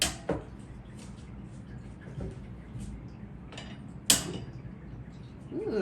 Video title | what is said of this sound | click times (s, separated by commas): Deerfamy Garden Kneeler Seat Unboxing & Review | the way those 2 little mechanisms pop out. | 0.0 s, 4.1 s